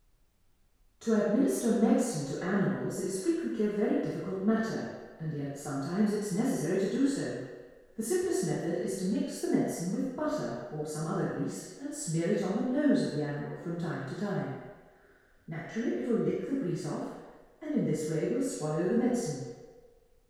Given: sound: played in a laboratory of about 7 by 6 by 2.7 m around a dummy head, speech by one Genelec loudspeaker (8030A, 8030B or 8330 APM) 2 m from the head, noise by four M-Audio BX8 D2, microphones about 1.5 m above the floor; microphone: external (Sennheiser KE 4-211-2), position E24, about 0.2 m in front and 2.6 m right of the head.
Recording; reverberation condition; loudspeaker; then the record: female speech in English; high; 120 degrees to the right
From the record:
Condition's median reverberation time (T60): about 1300 ms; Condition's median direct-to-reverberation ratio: about -4.0 dB